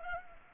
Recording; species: mosquito wingbeat signal from an infrared sensor; Culex pipiens